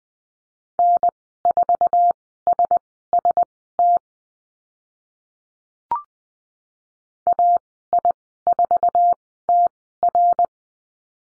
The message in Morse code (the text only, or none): N4SST AI4TR